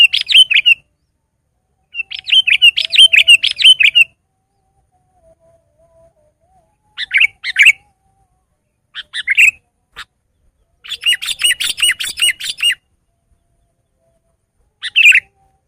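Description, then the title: Sooty-headed bulbul song in repeated bursts of quick bubbly chirps lasting up to two seconds, separated by pauses, with a short single phrase at the end. "kutilang"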